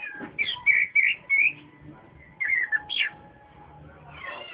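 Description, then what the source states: Oriental magpie-robin song of clear whistled phrases, slurred notes rising and falling, given in short bursts separated by brief pauses. Chirping song.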